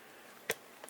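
A sliding tray in a Chameleon Whistle Case MK I whistle instrument case is pushed in until a spring plunger detent catches it at the end of travel, which stops it from sliding out. A sharp, bright click is heard at 0.5 s, followed by two faint ticks near 0.8 and 0.9 s. The tray is seated.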